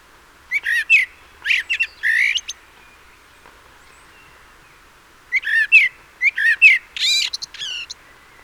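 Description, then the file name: Common blackbird calls: two clusters of harsh, harmonic-rich chattering notes, each of several notes, separated by about three seconds of quiet. "Turdus merula"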